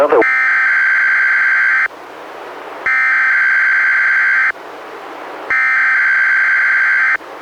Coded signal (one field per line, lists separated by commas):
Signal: Emergency Alert System (SAME) tones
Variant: header bursts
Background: speech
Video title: EAS #106-108: 3 NWR Required Weekly Tests- Apr. 20-May 4, 2016